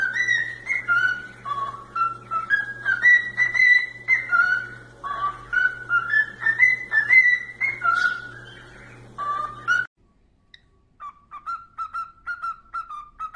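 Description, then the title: Cockatiel whistled song, a long continuous run of warbled notes going up and down over a low hum, then softer repeated whistles. "Calopsitas Cantando Assobio"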